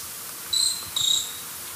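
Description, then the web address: Short-tailed pygmy tyrant calling: two short, thin, high whistled notes in quick succession over a steady hiss. South America, eastern lowlands. "Natures Songs S America Eastern Lowlands. Myiornis ecaudatus, calls or song"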